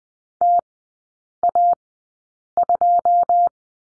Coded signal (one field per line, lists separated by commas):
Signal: Morse code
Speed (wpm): 20 wpm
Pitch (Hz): 700 Hz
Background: none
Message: T A 2